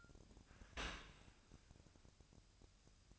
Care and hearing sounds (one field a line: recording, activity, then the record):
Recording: daily activity, microphone in the room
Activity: open dishwasher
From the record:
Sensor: 2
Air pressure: 1003.0 hPa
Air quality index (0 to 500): 198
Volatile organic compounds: 6 ppm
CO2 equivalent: 1884 ppm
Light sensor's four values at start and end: 16/38/16/18 and 16/39/17/18